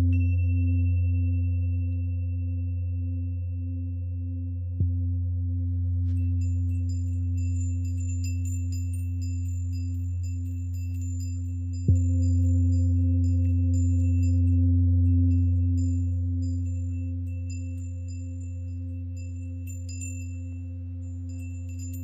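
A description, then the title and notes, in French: Tibetan singing bowls hum in a deep, steady drone with a slow, pulsing waver. Two soft strikes land around five and twelve seconds, renewing the ring, while faint high shimmering tones glint above from about six seconds onward. Bols tibétains.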